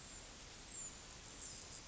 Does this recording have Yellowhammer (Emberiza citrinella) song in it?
no